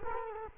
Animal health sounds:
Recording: mosquito wingbeat signal from an infrared sensor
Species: Culex quinquefasciatus

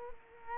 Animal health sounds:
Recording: mosquito wingbeat signal from an infrared sensor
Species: Culex quinquefasciatus

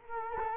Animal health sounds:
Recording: mosquito wingbeat signal from an infrared sensor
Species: Culex quinquefasciatus

